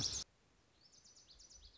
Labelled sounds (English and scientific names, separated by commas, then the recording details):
Lazuli Bunting (Passerina amoena)
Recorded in Sonoma County, California